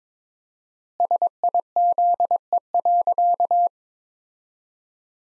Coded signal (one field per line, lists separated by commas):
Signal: Morse code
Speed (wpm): 22 wpm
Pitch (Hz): 700 Hz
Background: none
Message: SIZE.